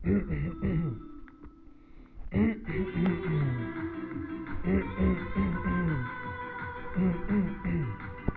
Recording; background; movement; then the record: throat clearing; music; sitting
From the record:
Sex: male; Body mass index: 21.0 kg/m2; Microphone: on the chest, facing the body